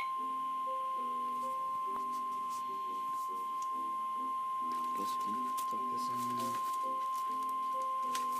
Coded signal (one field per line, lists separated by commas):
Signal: Emergency Alert System (SAME) tones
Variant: 1050 Hz attention tone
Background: speech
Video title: Special Marine Warning-(EAS #120)